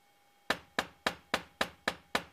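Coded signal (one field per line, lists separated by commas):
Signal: tap code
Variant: knock counting code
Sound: seven quick, evenly spaced hand knocks on a hard surface after brief silence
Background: faint electrical hum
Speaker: a disadvantage of this method is that up to 26 knocks have to be done for just one letter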